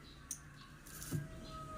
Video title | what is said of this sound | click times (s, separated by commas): PANIBAGONG BLESSING SA BUHAY NAMIN -- July 4, 2024 | Nag-lock na siya. | 0.3 s